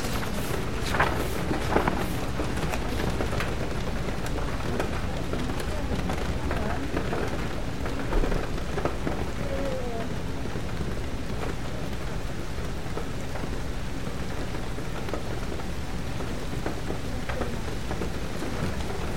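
Rain patters steadily on the window, a dense, even hiss with scattered sharper taps, slightly busier in the first few seconds.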